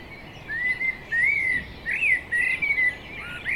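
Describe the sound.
Common blackbird song: a string of mellow, fluty whistled phrases that slide up and down, with short pauses between, over a steady background hiss.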